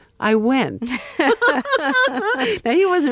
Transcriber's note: laughter